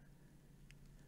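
An xD picture memory card is pushed into the slot below the battery in a digital camera's bottom compartment until it latches. A short, sharp click at 0.7 s stands out over a low steady hum and faint background patter. The card is seated in place.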